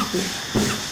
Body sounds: coughing mixed with background sound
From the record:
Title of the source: Mid-morning Winter Coughing Fit

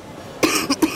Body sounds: coughing mixed with background sound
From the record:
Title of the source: 31 night wet cough

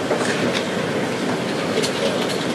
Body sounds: background sound without coughing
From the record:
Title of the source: Office Sounds Ambience - Background Noise for Study and Work

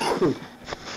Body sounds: coughing mixed with background sound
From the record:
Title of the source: Coughing 77

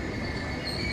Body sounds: coughing mixed with background sound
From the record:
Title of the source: female coughing - coughing sound effects girl

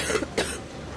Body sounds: coughing mixed with background sound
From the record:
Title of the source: 30 Chesty and wet cough

